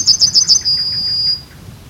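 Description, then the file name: Yellowhammer song: four quick, high, chipping notes, then one long, drawn-out thin note that fades away. "Zigolo Giallo"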